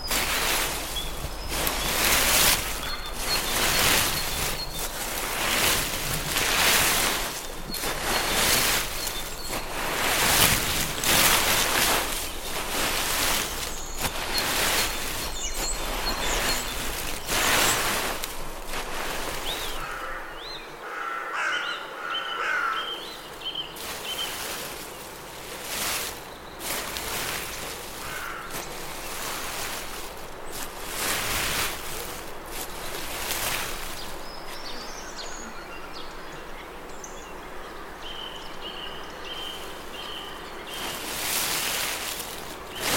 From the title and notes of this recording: Serene leaf sweeping and park ambience. Sweeping leaves sounds and park ambience.